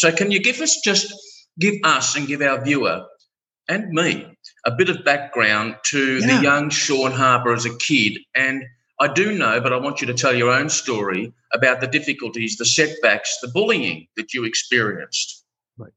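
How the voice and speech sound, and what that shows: A man speaks fluently and clearly, asking about someone's childhood difficulties and setbacks; ordinary voice and speech rate.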